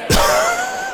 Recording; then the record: coughing mixed with background sound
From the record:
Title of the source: Coughing 51